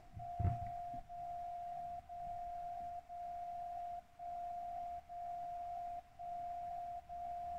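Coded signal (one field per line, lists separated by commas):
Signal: radio time signal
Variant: DCF77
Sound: continuous tone near 700 Hz briefly dipping in volume once each second, seven dips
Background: low rumble, brief knock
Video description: In this video, I'm receiving the time signal with Software Defined Radio from SDRPlay - RSP1A tuned to 77.5 kHz and a Tecsun MW Ferrite Antenna on the right side. (the annoying sound you hear in the background)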